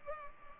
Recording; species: mosquito wingbeat signal from an infrared sensor; Culex pipiens